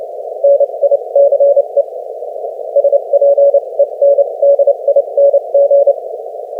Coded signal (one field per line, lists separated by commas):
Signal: Morse code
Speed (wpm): 26 wpm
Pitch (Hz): 560 Hz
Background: none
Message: NICE SPENDING